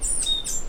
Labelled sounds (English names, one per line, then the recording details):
Stitchbird song
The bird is a male
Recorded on Tiritiri Matangi Island, New Zealand, in 2005
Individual 2, of nest box 2